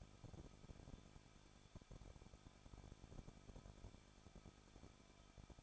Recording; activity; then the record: daily activity, microphone in the room; no activity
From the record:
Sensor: 5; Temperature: 20.8 degrees Celsius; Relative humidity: 38.4%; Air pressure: 1006.5 hPa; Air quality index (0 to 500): 190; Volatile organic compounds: 19 ppm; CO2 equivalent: 2670 ppm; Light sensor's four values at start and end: 2/3/1/1 and 2/3/1/1